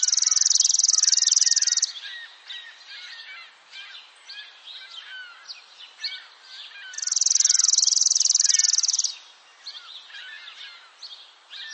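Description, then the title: Eurasian tree sparrow chirps, busy overlapping short chirps and chatter, interrupted twice by a loud, steady, high buzzing insect trill lasting about two seconds. "burung gereja"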